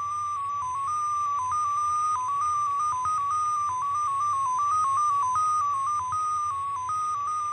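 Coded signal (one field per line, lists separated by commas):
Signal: numbers station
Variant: XPA2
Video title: 16147kHz USB BIG Message from Russian Number Station XPA2 02 05 2024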